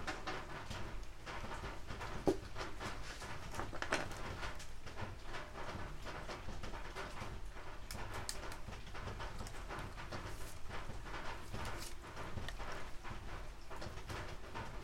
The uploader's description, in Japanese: しとしと冷たい雨の日